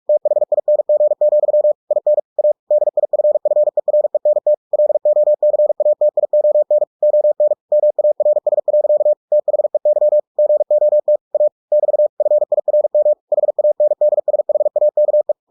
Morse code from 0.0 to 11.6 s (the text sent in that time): THING, IN A DIFFERENT LOCATION ON MARS. THEY GOT A